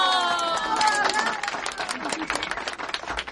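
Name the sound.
applause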